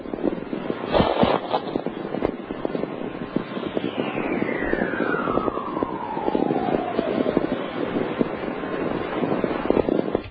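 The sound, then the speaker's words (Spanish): Radio recording of a magnetic storm chorus: steady crackling, hissing static throughout, with one long whistling tone that glides smoothly downward in pitch over several seconds. No voices. “Igual que en este caso, que estamos hablando de otra tormenta, esta vez obtenida en Reno, y se puede decir que son coros de una tormenta magnética, porque ni más ni menos así sonaría un viento solar de 44 kilohercios.”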